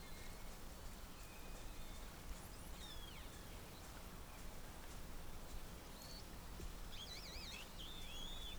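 Whale whistles, thin gliding tones, ending in a clear wavering whistle that rises and falls several times, over constant low underwater hiss.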